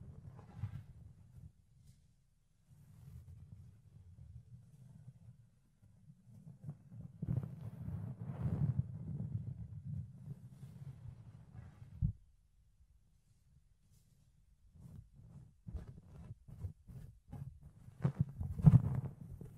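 Fluffy ear cleaning produces muffled, low rubbing rumbles in uneven bursts, a quiet pause midway, and sharper scratchy crackles near the end.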